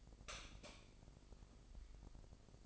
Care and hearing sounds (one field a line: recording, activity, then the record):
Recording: daily activity, microphone in the room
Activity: light off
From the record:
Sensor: 5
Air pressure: 995.4 hPa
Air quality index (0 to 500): 91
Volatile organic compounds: 5 ppm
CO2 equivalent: 1717 ppm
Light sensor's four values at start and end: 34/81/32/32 and 32/74/30/29